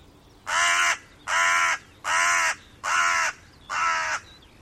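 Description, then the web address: Bird calling with five hoarse, flat caws of equal length, repeated steadily a little more than once per second against quiet background. "cianscape. Deverinetal. Bird Only"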